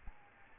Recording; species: mosquito wingbeat signal from an infrared sensor; Aedes albopictus